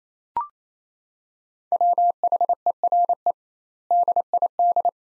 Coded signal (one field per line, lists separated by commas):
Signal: Morse code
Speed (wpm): 27 wpm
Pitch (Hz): 700 Hz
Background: none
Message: WHERE DID